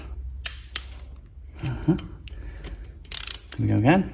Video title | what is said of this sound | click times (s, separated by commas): Ducati Monster S2R 1000 / How To Fit Install New Cam Belts | two 26 newton meters just to show you to click click click | 0.5 s, 0.8 s